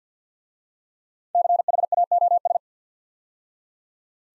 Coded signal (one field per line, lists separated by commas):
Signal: Morse code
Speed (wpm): 51 wpm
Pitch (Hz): 700 Hz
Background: none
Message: CHAOS